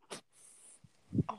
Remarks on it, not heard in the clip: She's breathing like normally. No, it's just normal because she's sleeping. Oh, my dog is snoring.